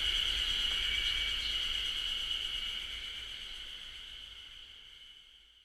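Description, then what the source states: Ezo haru cicada chorus, a steady high buzzing that gradually fades away to near silence by the end. Chorus in a beech forest, Japan; recorded with a ZOOM H6.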